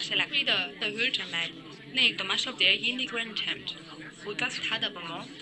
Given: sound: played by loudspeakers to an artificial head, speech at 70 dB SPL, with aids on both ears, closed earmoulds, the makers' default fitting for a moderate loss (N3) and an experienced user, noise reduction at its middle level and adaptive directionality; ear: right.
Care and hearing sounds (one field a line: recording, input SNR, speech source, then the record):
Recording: speech test signal (ISTS) in cocktail-party noise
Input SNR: 0 dB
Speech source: in front (0 degrees)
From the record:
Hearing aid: class 1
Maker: C